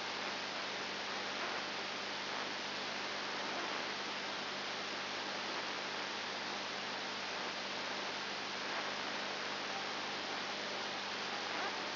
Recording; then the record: brain microelectrode recording played as sound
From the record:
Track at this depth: outside the subthalamic nucleus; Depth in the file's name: 6.9 mm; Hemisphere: left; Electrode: 2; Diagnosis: Parkinson's disease